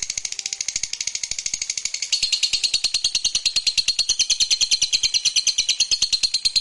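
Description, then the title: Lovebird chattering song, a fast steady trill of high rasping notes, slightly louder and lower in pitch in the second half. Played to stimulate a lazy lovebird that is reluctant to sing into spontaneous, eager singing. "LOVEBIRD Malas Bunyi JADI GREGET SPONTAN Langsung NARIK"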